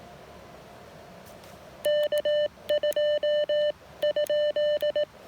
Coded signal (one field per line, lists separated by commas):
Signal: Morse code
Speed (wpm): 18 wpm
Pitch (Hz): 590 Hz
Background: none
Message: K2?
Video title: POTA Activation with the Elecraft KX1, KX2, and an antenna that was too short